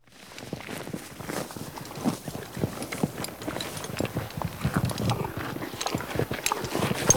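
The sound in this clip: Horse eating grass, with steady crunching and tearing bites repeated many times in quick succession, the chewing growing slightly louder toward the end.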